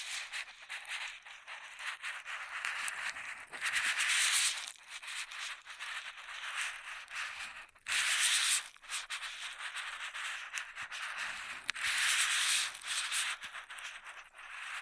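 Straw sounds make up the whole clip, a dense rustling and scratching crackle that sits high and bright with almost nothing low. It runs continuously with quick irregular ticks, swelling into louder, fuller bursts around four, eight and twelve seconds.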